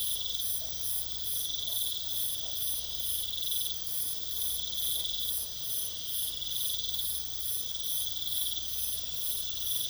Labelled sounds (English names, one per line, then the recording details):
none
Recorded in pastures near Puerto Asís, Putumayo, Colombia, on 21 December 2024 at 21:30
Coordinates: 0.486, -76.323
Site GP01